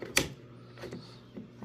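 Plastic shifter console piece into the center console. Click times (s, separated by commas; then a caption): 0.2 s. A plastic shifter console piece from a 2022-or-later G70 is pressed down into its clips in the center console. One sharp, loud click is heard at 0.2 s, followed by a few faint, softer knocks. The piece is seated.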